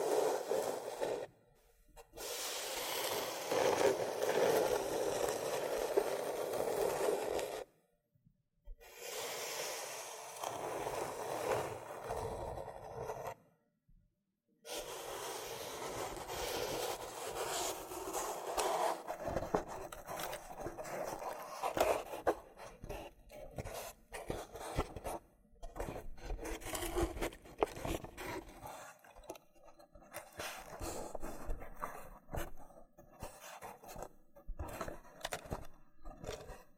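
Loofah triggers: dense, rough scraping and rubbing strokes fill most of the recording, bright and hissy with a fuller low-middle body. Brief total silences break it near 2, 8 and 14 seconds, and later the texture grows choppier, with short gaps and scattered crackly pops.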